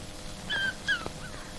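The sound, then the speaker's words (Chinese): A dog whimpers in two short, high-pitched whines, the second slightly stronger, over a quiet low background hum with no talking. “文秀把狗留下了，你要吗？”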